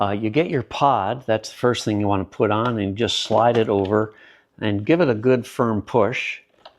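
A Shark NV360 Navigator Lift-Away Deluxe upright vacuum's pod is slid over the floor nozzle base and given a firm push to lock it on while someone talks. The clip ends before the pod goes home, so nothing has seated or clicked yet.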